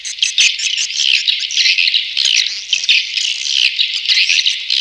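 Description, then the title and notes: Swiftlet chirps pour out as a thick, unbroken chorus of sharp, high twitters, loud and steady throughout. Swiftlet farming sound, Asia. "Swiflet Bird Sound. Farming Swiflet Bird asia sound"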